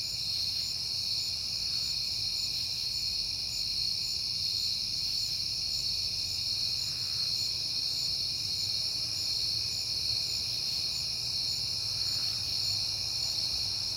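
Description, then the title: Crickets trilling in a steady high-pitched chorus, unbroken throughout, with a faint low rumble underneath. Crickets recorded on a peaceful night in September. "Night Time: Crickets and Passing Cars"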